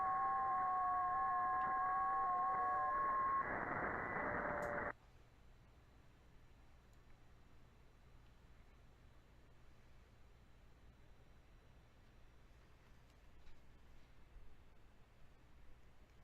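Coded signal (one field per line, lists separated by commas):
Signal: FT8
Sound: several steady warbling tones over radio hiss for five seconds, then near silence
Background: radio static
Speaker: so this is w 9 ly demonstrating the ft 8 arm client from k 1 JT say new protocol between t 9 a.m. and K 1 JT that runs in 15 second windows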